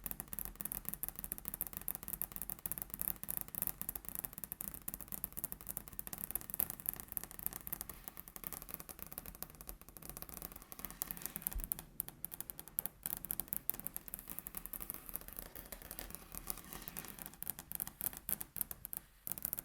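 Table tapping runs throughout as a dense, rapid stream of small knocks, almost continuous with little pause. The taps are bright and clicky over a low thudding body, with slight dips in intensity around ten and thirteen seconds before the rhythm picks up again.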